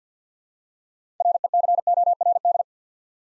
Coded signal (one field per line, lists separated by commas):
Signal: Morse code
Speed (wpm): 52 wpm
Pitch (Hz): 700 Hz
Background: none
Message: RECORD